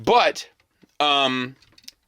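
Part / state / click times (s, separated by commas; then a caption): plastic clip on a combiner part going into a robot toy / partly seated / 1.9 s. Someone talks, then a plastic clip on the combiner part of a Mastermind Creations Ocular Max Defensor transforming robot toy is pressed in, giving a short, sharp click at 1.9 s. The clip goes in but does not snap fully into place, leaving a slight wobble.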